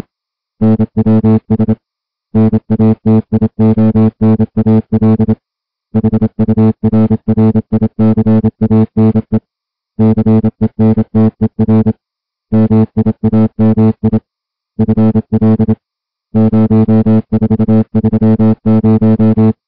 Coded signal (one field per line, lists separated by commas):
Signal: Morse code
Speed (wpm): 27 wpm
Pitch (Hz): 220 Hz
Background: music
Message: NWS NATIONAL HURRICANE CENTER MIAMI FL 0430